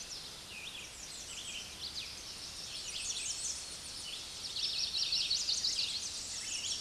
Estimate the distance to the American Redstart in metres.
about 40 m